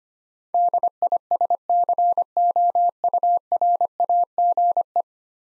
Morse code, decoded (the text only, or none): DISCOURAGE